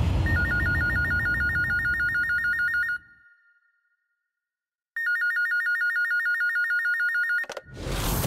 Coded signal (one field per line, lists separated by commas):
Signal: none